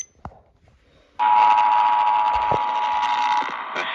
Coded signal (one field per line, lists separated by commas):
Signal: Emergency Alert System (SAME) tones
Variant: 853 and 960 Hz attention tone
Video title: Resend of LAE on WRVQ & WRVA (New EAS #597 & 598)